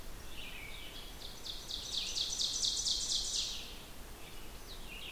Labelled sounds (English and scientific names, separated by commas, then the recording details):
Ovenbird (Seiurus aurocapilla) song
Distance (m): 35 m
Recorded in boreal forest in Alberta, Canada, on 16 June 2016 at 08:33
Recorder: SongMeter 3, array SBT-3-32
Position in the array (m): 166 m, 31 m
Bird 36